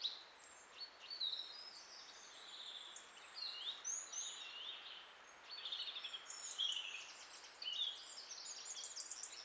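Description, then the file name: European robin song: soft, high thin warbling phrases, with brighter sharp high whistled notes standing out at intervals over faint background hiss. "Erithacus rubecula"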